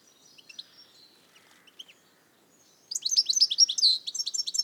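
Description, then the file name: Goldfinch: a few faint, scattered high notes, then a lively burst of rapid, tinkling, twittering high notes to the end. "Carduelis carduelis"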